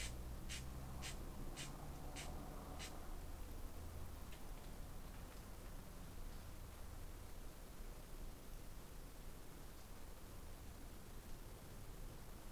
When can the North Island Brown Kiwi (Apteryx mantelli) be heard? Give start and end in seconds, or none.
none